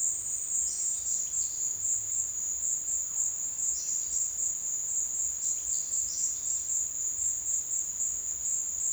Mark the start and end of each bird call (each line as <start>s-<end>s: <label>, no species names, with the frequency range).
0.59s-1.70s: bird call (2.7-6.9 kHz)
3.65s-4.34s: bird call (4.1-7.0 kHz)
5.43s-6.77s: bird call (3.3-7.5 kHz)